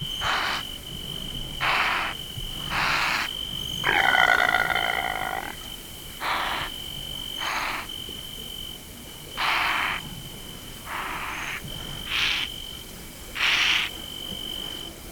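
Impala giving harsh, breathy bursts repeated irregularly every one to two seconds, with one longer grating call early on, over a steady high insect whine.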